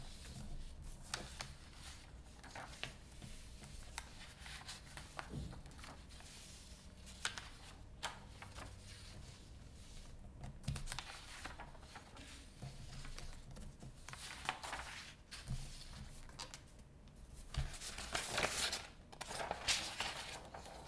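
Typing and clicking sounds, with sharp, irregular taps scattered throughout and bursts of quicker activity, heaviest around 15 and 18–19 seconds. A low, steady hum runs underneath, and softer rustling like handled paper fills some of the gaps.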